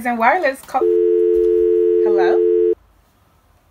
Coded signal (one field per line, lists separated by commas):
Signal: telephone call progress tone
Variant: North America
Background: speech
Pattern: dial tone